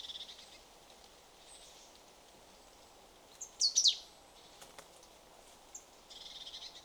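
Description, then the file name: Marsh tit giving a brief cluster of two or three sharp, very high notes around the middle, otherwise quiet with soft hiss and faint chirps. "Poecile palustris"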